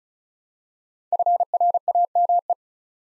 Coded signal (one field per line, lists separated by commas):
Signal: Morse code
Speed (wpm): 36 wpm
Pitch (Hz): 700 Hz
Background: none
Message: FRAME